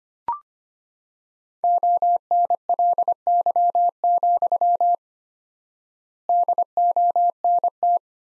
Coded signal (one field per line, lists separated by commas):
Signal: Morse code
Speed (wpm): 25 wpm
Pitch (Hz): 700 Hz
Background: none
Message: ONLY, DONT